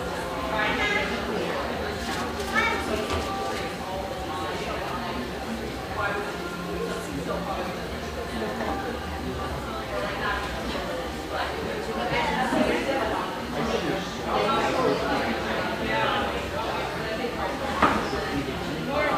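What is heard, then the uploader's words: Indoors in a relaxed, busy diner, many voices overlap in a continuous murmur of conversation. Dishes and utensils clink now and then, with a sharper clatter near the middle and again toward the end. A low hum runs steadily underneath. Riverside on Portland's east Willamette banks, this industrial neighborhood sports some quality coffeehouses, including this mellow, exposed-brick gem frequented by railyard staff.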